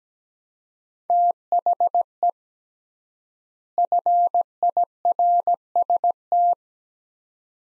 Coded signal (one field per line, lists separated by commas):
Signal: Morse code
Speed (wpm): 17 wpm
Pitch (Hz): 700 Hz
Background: none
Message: THE FIRST